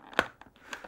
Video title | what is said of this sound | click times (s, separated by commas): How to change a visor: Shark Evo GT & Evo ES motorcycle helmets | that's seated in. | 0.2 s